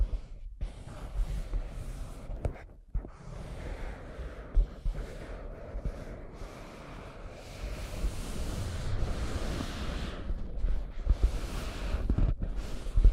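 Scratching and tracing sounds form a dense, rasping texture with short pauses near one and three seconds, growing louder and brighter after eight seconds.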